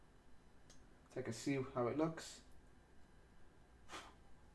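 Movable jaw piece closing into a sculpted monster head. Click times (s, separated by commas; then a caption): 0.7 s. A movable jaw piece on a sculpted monster head is brought back down to its closed position and clicks into place at 0.7 seconds with a small, faint tick. It clicks because it grabs on the side, and afterward someone talks.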